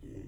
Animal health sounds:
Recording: pig call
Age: weaner (32 to 43 days)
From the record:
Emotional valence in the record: negative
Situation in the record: negative conditioning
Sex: female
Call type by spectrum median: low-frequency call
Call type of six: low-frequency stable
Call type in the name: low-frequency stable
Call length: 0.28 s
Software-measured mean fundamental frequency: 54 Hz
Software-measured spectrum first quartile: 87 Hz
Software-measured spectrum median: 219 Hz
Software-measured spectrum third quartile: 354 Hz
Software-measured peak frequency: 291 Hz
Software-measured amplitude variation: 156 dB a second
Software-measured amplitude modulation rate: 30.0 a second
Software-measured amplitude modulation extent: 5.2 dB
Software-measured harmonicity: -0.6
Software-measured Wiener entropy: 0.36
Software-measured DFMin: 896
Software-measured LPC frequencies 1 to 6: 335, 1917, 2770, 4937, 6039, 7156 Hz

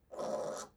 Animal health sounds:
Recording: pig call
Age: piglet (1 to 25 days)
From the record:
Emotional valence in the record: negative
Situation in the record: restrain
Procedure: back test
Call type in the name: low-frequency call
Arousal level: low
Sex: female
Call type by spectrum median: low-frequency call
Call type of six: low-frequency stable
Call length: 0.77 s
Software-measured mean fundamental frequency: 69 Hz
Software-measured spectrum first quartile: 542 Hz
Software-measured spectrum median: 762 Hz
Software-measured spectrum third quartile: 2342 Hz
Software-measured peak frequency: 590 Hz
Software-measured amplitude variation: 180 dB a second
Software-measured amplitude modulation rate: 25.3 a second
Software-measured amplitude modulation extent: 7.1 dB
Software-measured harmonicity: 3.7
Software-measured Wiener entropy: -2.19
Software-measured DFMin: 1261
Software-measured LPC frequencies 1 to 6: 582, 1166, 3564, 4309, 5833, 7079 Hz

